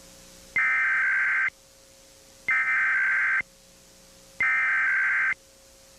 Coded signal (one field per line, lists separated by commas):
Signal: Emergency Alert System (SAME) tones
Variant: header bursts